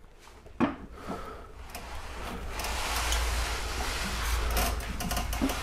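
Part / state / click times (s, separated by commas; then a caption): click-type torque wrench on a trailer hitch mounting bolt / not seated / none. A click-type torque wrench set to 70 ft-lb tightens a trailer hitch mounting bolt on a 2015–2022 Ford Mustang 6G (GT/EcoBoost). A sharp knock at 0.6 s and lighter ratchet and handling taps near 1.8 s and 5.0–5.3 s sound over a steadily rising background noise. The wrench has not clicked yet.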